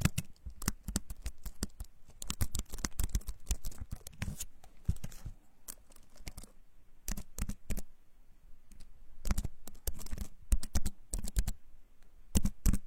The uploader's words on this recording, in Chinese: 翻书，写字，查文献！